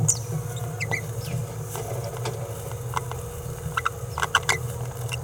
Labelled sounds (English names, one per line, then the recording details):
Green-rumped Parrotlet babbling
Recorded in a nest box in Venezuela
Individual 18B17A4